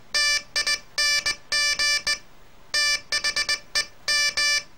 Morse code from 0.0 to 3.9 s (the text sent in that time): TING THE